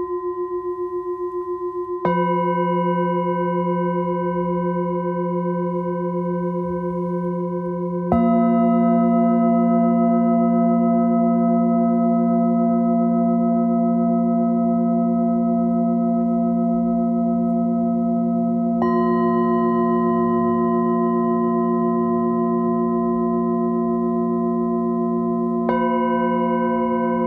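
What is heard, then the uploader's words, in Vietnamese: A Nepalese singing bowl rings with long, sustained tones, struck afresh at about 2, 8, 19 and 26 seconds. Each strike brings a soft attack and a steady, shimmering hum with a slow wobble, shifting slightly in pitch between strikes. The sound stays fairly constant in loudness throughout. Thư giãn cùng chuông xoay Nepal.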